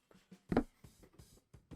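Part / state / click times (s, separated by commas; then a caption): plastic connector onto metal rod of cube storage frame / seated / 0.5 s, 0.6 s. A plastic connector is slid over another connector and down onto a metal wire rod of a cube storage frame. Soft sliding and handling noises lead into a sharp double pop at 0.5 and 0.6 seconds as it seats into place without trouble, followed by lighter handling sounds.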